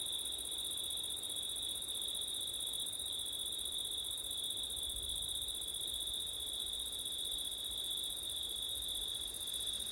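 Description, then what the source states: Unbroken high-pitched cricket song, layered chorus holding steady, faint low wind underneath. Crickets recorded on a September night with wind, using an ORTF stereo setup.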